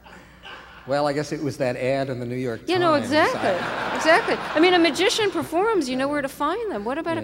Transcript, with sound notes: Well, I guess it was that ad in The New York Times.
You know, exactly. Exactly.
(LAUGHTER)
I mean, a magician performs, you know where to find them.